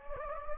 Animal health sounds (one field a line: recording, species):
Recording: mosquito wingbeat signal from an infrared sensor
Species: Anopheles gambiae